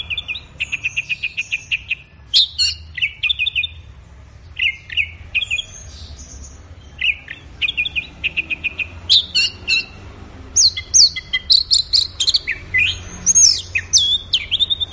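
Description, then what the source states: Orange-headed thrush song: rapid trills and varied high whistled phrases in steady succession, growing more complex and sweeping toward the end. Bird in full, intense song (gacor teler), used for training songbirds; Indonesian name anis merah.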